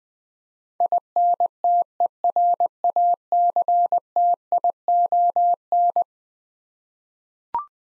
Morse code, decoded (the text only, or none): INTERACTION